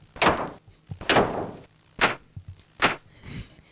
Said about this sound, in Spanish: ¡Ay! Esa puerta no funciona bien.